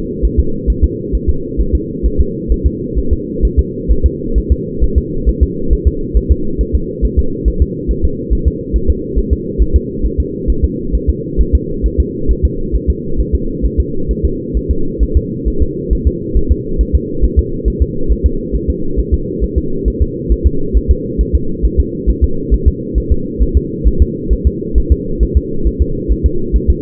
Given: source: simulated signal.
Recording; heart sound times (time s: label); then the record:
fetal heart sounds
0.25 s: S1
0.40 s: S2
0.70 s: S1
0.84 s: S2
1.15 s: S1
1.29 s: S2
1.61 s: S1
1.75 s: S2
2.06 s: S1
2.20 s: S2
2.52 s: S1
2.66 s: S2
2.98 s: S1
3.13 s: S2
3.45 s: S1
3.59 s: S2
3.91 s: S1
4.06 s: S2
4.38 s: S1
4.52 s: S2
4.84 s: S1
4.98 s: S2
5.29 s: S1
5.43 s: S2
5.73 s: S1
5.88 s: S2
6.17 s: S1
6.32 s: S2
6.61 s: S1
6.75 s: S2
7.05 s: S1
7.19 s: S2
7.48 s: S1
7.62 s: S2
7.91 s: S1
8.05 s: S2
8.33 s: S1
8.48 s: S2
8.76 s: S1
8.90 s: S2
9.18 s: S1
9.33 s: S2
9.62 s: S1
9.76 s: S2
10.05 s: S1
10.20 s: S2
10.50 s: S1
10.64 s: S2
10.95 s: S1
11.10 s: S2
11.41 s: S1
11.55 s: S2
11.86 s: S1
12.00 s: S2
12.31 s: S1
12.45 s: S2
12.76 s: S1
12.90 s: S2
13.20 s: S1
13.35 s: S2
13.66 s: S1
13.80 s: S2
14.11 s: S1
14.25 s: S2
14.57 s: S1
14.71 s: S2
15.03 s: S1
15.17 s: S2
15.48 s: S1
15.62 s: S2
15.93 s: S1
16.07 s: S2
16.37 s: S1
16.52 s: S2
16.81 s: S1
16.95 s: S2
17.24 s: S1
17.39 s: S2
17.68 s: S1
17.82 s: S2
18.12 s: S1
18.26 s: S2
18.55 s: S1
18.70 s: S2
18.99 s: S1
19.14 s: S2
19.44 s: S1
19.58 s: S2
19.88 s: S1
20.02 s: S2
20.32 s: S1
20.47 s: S2
20.77 s: S1
20.91 s: S2
21.21 s: S1
21.35 s: S2
21.65 s: S1
21.80 s: S2
22.10 s: S1
22.24 s: S2
22.54 s: S1
22.68 s: S2
22.98 s: S1
23.12 s: S2
23.43 s: S1
23.57 s: S2
23.87 s: S1
24.02 s: S2
24.33 s: S1
24.47 s: S2
24.78 s: S1
24.92 s: S2
25.23 s: S1
25.37 s: S2
25.67 s: S1
25.82 s: S2
26.12 s: S1
26.26 s: S2
26.56 s: S1
26.70 s: S2
From the record:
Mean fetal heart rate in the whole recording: 135 bpm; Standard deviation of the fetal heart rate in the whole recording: 3 bpm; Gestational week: 34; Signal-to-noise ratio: -8.1 dB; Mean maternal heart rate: 72 bpm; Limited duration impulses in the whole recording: absent